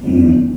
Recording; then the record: squeal of a Yucatan mini pig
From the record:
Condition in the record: after surgery on the right vocal fold (resection and tissue-engineered implant); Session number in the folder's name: 5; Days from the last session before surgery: 33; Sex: female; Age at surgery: 19 weeks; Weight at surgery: 25 kg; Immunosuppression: prednisolone